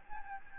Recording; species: mosquito wingbeat signal from an infrared sensor; Aedes albopictus